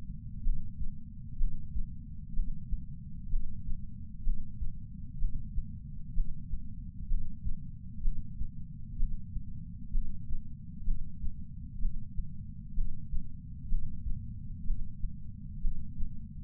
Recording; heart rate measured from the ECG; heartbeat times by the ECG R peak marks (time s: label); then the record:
heart sounds by patch sensor on the chest; 63 bpm
0.43 s: heartbeat
1.38 s: heartbeat
2.34 s: heartbeat
3.30 s: heartbeat
4.24 s: heartbeat
5.19 s: heartbeat
6.14 s: heartbeat
7.08 s: heartbeat
8.02 s: heartbeat
8.97 s: heartbeat
9.92 s: heartbeat
10.85 s: heartbeat
11.80 s: heartbeat
12.75 s: heartbeat
13.69 s: heartbeat
14.65 s: heartbeat
15.61 s: heartbeat
From the record:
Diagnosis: coronary artery disease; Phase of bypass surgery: preoperative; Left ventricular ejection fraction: 36.6%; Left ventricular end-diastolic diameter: 43 mm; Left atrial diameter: 33 mm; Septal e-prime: 3.9 cm/s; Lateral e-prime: 8 cm/s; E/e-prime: 10.3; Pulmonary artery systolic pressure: 22 mmHg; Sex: female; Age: 80 years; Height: 150 cm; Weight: 49 kg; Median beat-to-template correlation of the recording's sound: 0.90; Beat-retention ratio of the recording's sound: 0.98